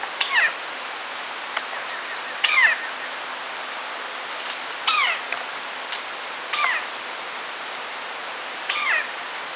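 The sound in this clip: Robust woodpecker repeating harsh, falling call notes about every two seconds, with a few faint clicks and a constant shrill insect hum throughout.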